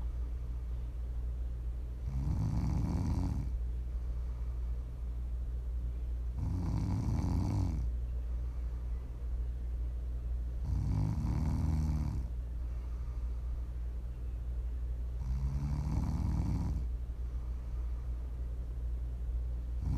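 An adult woman snoring in her sleep, offered as ASMR snoring. Each breath brings a loud, low-pitched, rumbling snore, about every four seconds, with a steady low hum between snores.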